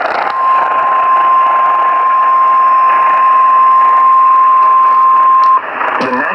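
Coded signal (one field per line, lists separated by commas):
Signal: Emergency Alert System (SAME) tones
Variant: 1050 Hz attention tone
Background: speech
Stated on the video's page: Severe weather alerts from Nashville, EAS SAME tones.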